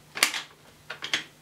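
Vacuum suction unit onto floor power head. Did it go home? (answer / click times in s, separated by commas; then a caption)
yes / 0.2 s. The plastic suction unit of a Shark Rotator Lift-Away NV340 upright vacuum cleaner is lowered over the top of the floor power head and pressed down. A sharp click at 0.2 s seats it in position, followed by further plastic clicks and knocks near 0.9, 1.0 and 1.1 s.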